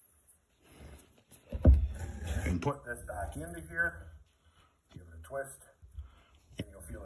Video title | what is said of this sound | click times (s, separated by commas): Segway Snarler Oil Change and oil type / grade | you'll feel it click into place, okay? | 6.6 s